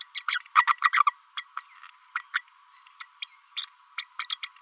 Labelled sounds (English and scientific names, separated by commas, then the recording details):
Green-rumped Parrotlet (Forpus passerinus) babbling
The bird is a female
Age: 32 days
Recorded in a nest box in Venezuela
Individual 17B32A5